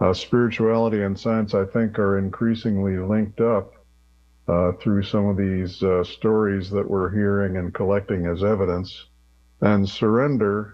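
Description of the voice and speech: Fluent, clear adult male speech, low-pitched and evenly paced, with a steady mains hum behind it.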